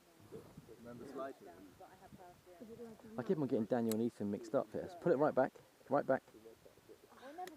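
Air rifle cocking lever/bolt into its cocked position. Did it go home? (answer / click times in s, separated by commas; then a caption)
yes / 7.5 s. A boy pulls an air rifle's cocking lever or bolt all the way back while loading it, and the mechanism engages into its cocked position with a sharp click at 7.5 s. Before that, people talk, with faint bird-like sounds in the background. The cocking mechanism is fully back and seated.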